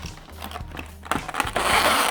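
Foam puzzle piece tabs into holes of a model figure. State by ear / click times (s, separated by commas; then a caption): seated / 1.1 s, 1.4 s, 1.6 s. Paper-and-foam 3D puzzle pieces of a 4D Build Pokémon Kanto Region model figure are pressed together so their square tabs go into the holes, over a low steady hum. Crackling snaps sound at 1.1, 1.4 and 1.6 seconds as the tabs lock into place and the pieces seat.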